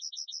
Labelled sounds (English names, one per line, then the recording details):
Yellowhammer song
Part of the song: start
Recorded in the Czech Republic on 27 June 2013
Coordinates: 50.247, 12.803
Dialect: XlB
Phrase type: C35
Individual 314822